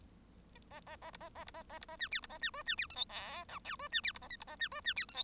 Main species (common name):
Bengalese Finch